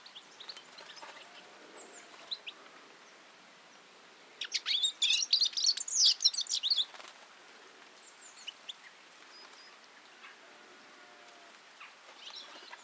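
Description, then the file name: European goldfinch calling, with a dense burst of bright, twittering chirps midway, surrounded by sparse, faint high notes. "Carduelis carduelis"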